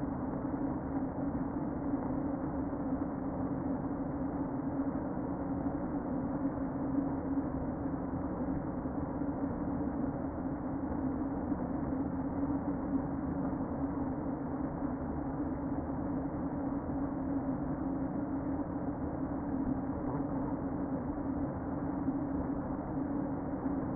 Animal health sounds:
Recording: honeybee colony, microphone inside the hive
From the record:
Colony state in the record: queen present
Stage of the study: before two queens were removed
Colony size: about 60,000 bees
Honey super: yes

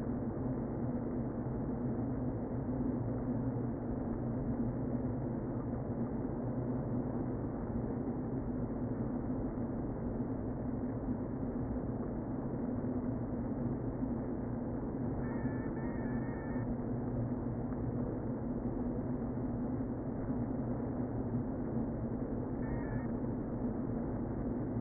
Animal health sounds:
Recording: honeybee colony, microphone inside the hive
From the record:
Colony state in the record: queen present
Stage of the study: before two queens were removed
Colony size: about 60,000 bees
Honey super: yes

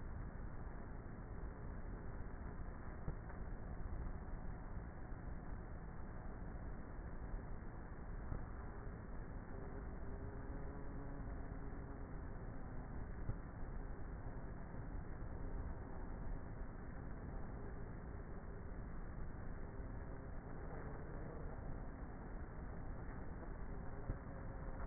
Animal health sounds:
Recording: honeybee colony, microphone inside the hive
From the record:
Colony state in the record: queenless with a low population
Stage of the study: before two queens were removed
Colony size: about 30,000 bees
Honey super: no

